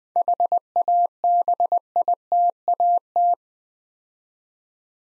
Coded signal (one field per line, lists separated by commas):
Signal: Morse code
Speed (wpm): 20 wpm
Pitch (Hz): 700 Hz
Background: none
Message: HABITAT